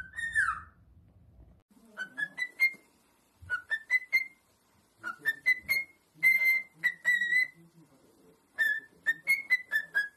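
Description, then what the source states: Cockatiel whistling: after a slurred opening note, several phrases of clear whistles, most climbing step by step, with brief pauses between phrases. More than one cockatiel, whistling song.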